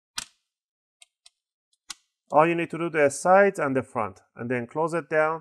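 An opening tool is worked along the left side seam of an HP Pavilion 14 dq 1xxx series laptop to replace its battery, and the plastic bottom-cover clips release from the top case with a run of clicks at 0.2, 1.0, 1.3, 1.7 and 1.9 seconds. Someone then talks as the left-side cover clips are left open.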